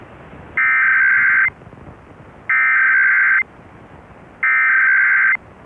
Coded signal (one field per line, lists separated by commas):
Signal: Emergency Alert System (SAME) tones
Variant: header bursts